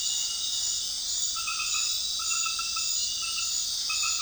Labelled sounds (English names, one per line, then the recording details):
none
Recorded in dense forest near Puerto Asís, Putumayo, Colombia, on 19 February 2024 at 21:30
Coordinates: 0.502, -76.324
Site G6370